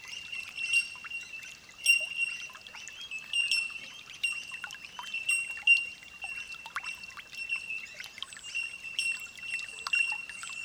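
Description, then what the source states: Bellbird calls: a steady high tinkling of pure bell-like notes, repeated constantly, with brief louder pings and small clicks throughout. Holophonic (olofonia) recording.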